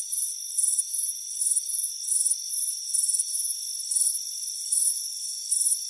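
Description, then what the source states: Crickets chirp in quick high bursts, with a continuous thin whine behind them. Warm afternoon on a front porch.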